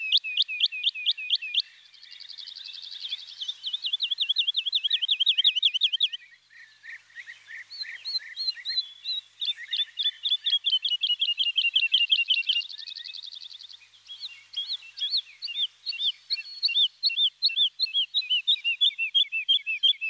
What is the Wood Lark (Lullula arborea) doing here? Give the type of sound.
song